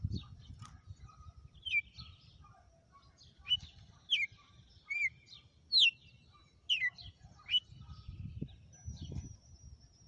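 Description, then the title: Red-cowled cardinal singing several clear slurred whistles, some rising, some falling, spaced irregularly, with faint background noise. Female; song phrases described as one 'açoite' after another. "Canto Galo Campina Fêmea. Galo de campina,hj foi um açoite atrás do outro"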